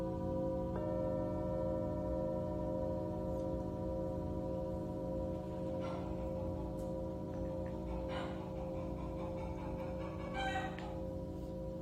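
A Tibetan singing bowl rings with a steady, sustained hum, its layered tones holding level throughout with a slow, gentle wavering. Near the start a higher ringing tone joins in, and brief soft rustles or taps are heard around six, eight and eleven seconds.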